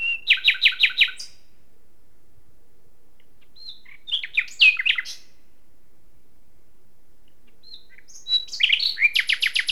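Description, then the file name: Common nightingale delivering a rapid stuttering trill, a varied mid phrase of slurred notes, then another quick run of repeated sharp notes. "Luscinia megarhynchos"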